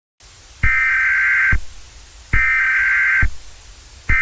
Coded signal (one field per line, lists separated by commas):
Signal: Emergency Alert System (SAME) tones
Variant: header bursts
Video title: Eas Scenario #5 Washington Tornado outbreak